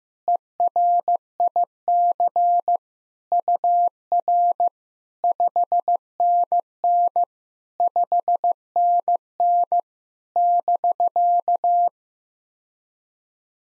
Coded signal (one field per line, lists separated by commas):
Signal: Morse code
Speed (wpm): 15 wpm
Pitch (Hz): 700 Hz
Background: none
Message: ERIC UR 5NN 5NN <BK>